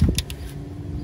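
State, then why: Seated. A coolant temperature sensor is pushed up into its port on a Chevy Cruze radiator, a repair for an AC that shuts off and an engine temperature needle that does not move. After low handling thumps, the sensor's retaining clip gives a sharp click at 0.2 s and seats, followed by a fainter click at 0.3 s. A steady low hum continues to the end.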